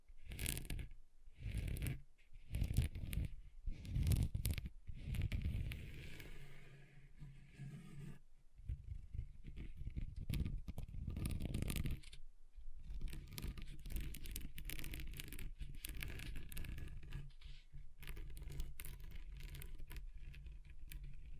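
Scratching on a table surface, in uneven bursts of rough, grainy scraping. The first half has heavy, low, rumbling strokes with brief pauses near 1, 2 and 8 seconds. Later the scratching grows lighter and thinner, with quick clicks and scuffs until the end.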